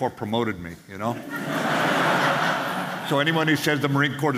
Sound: laughing